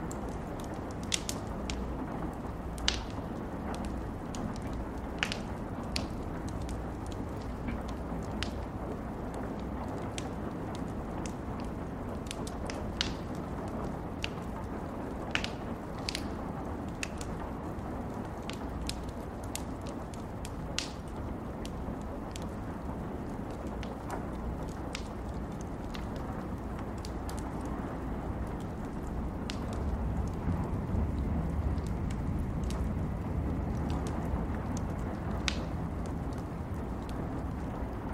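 A fire crackles with sharp, bright pops scattered irregularly every second or so over a steady low rumble and hiss. The dense low roar holds constant, swelling slightly around the thirty-second mark, while the snaps stay crisp throughout.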